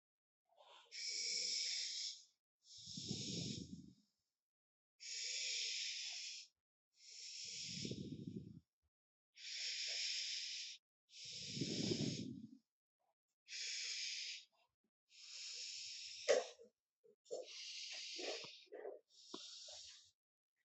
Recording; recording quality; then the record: deep breathing; excellent, no background noise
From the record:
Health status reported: healthy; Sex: male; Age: 31 years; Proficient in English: yes